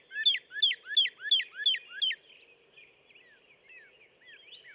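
Northern cardinal song: six loud slurred whistles repeated at an even pace, followed by softer scattered chirps.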